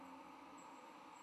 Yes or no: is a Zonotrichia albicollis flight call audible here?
no